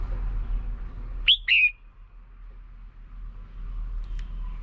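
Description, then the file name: Red-whiskered bulbul uttering a single two-note whistle, sharp and rising then dropping slightly, against a steady low hum. Female bird. "Tieng chao mao mai"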